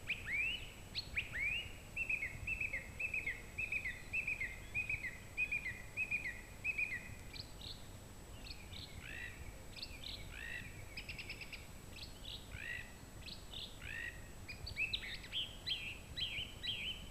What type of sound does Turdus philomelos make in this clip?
song